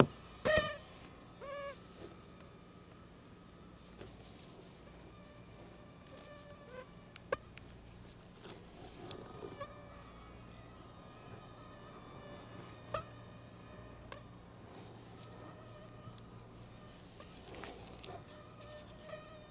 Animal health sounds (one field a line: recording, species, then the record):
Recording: mosquito flight sound by mobile phone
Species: Aedes albopictus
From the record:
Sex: female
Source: CDC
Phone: Google Nexus